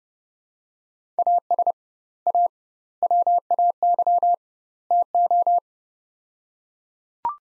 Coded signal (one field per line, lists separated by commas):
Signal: Morse code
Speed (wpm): 30 wpm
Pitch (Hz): 700 Hz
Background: none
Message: AS A WAY TO